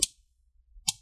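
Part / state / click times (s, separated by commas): laptop bottom cover clips in the top case / released / 0.0 s, 0.9 s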